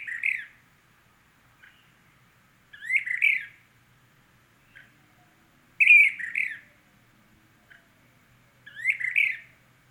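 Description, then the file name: Brown-crested flycatcher calling a harsh, rolling double-noted rasp about every three seconds, four calls in all, with brief quiet notes between. Subspecies magister. "Brown crested Flycatcher Myiarchus tyrannulus magister Olmstead"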